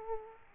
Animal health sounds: mosquito wingbeat signal from an infrared sensor; Aedes aegypti

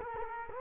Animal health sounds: mosquito wingbeat signal from an infrared sensor; Culex quinquefasciatus

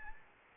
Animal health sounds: mosquito wingbeat signal from an infrared sensor; Anopheles gambiae

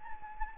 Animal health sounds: mosquito wingbeat signal from an infrared sensor; Anopheles gambiae

